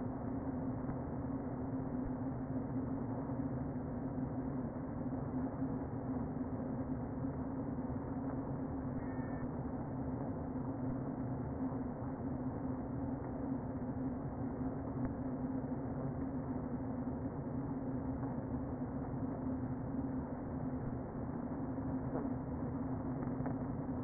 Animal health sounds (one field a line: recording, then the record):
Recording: honeybee colony, microphone inside the hive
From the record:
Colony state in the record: queen present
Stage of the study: before two queens were removed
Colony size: about 60,000 bees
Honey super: yes